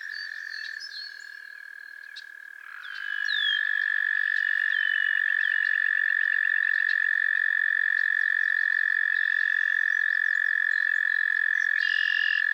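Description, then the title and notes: Frog chorus: a quieter trill gives way to a loud, even trill that rises in and holds steady to the end, with faint high chirps scattered through. A chorus of frogs calling to one another on a summer evening at Miners Marsh, Annapolis Valley, Nova Scotia. "Theraphonia - Frogsong at Miners Marsh. A chorus of frogs croon to one another on an idyllic summer evening in Miners Marsh, Annapolis Valley, Nova Scotia"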